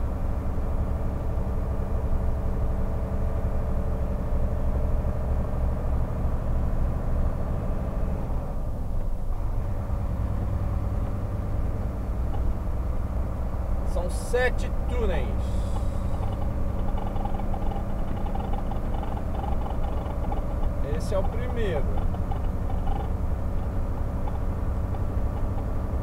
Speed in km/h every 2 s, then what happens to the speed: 24, 25, 25, 26, 24, 24, 26, 27, 27, 28, 30, 30, 29.
0-26 steady at about 26.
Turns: none.